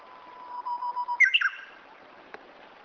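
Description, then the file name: Japanese bush warbler song: a low, pulsing whistle that breaks into a crisp, high, short flourish, followed by quiet with a few faint clicks. "uguisu"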